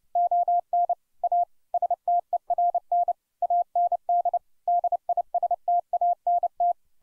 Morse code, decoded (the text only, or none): ON A STERN AND DISTANT